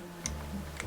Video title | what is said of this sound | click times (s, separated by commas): RUGER 10-22 SEMI AUTO LONG RIFLE REVIEW AND TEST | simply pops into place | 0.8 s